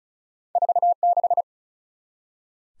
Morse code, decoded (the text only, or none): 46